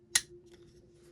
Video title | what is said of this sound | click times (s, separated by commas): Hot Wheels Star Wars Starships Select #17 The Mandalorian's N-1 Starfighter Review | Next, we have our pylon, so it snaps into the back like this. You're going to hear a little click. | 0.2 s